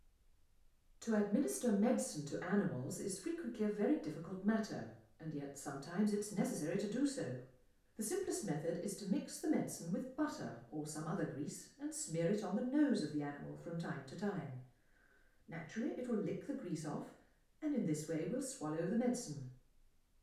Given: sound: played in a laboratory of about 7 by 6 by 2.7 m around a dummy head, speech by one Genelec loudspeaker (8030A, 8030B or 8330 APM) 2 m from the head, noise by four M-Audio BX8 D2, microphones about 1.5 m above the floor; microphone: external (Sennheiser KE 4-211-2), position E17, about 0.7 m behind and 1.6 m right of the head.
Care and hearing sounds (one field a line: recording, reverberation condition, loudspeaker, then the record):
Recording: female speech in English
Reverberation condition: medium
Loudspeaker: 150 degrees to the left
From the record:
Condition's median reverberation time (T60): about 510 ms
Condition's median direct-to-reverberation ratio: about -0.5 dB